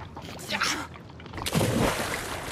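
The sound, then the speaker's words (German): Soft sloshing water gives way to a sudden heavy splash as a man's body, weighted with cuffs on the arms and legs, is thrown into the sea like a sack, followed by a broad, churning wash of water that keeps foaming for a second. “Wie ein Sack warf Gabriel den Griechen ins Meer. Die Gewichte zogen ihn in die Tiefe.”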